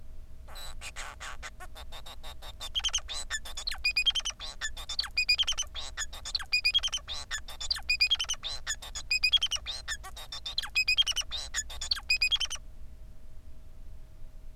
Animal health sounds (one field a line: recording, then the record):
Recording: song of a male Bengalese finch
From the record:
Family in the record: son of father 4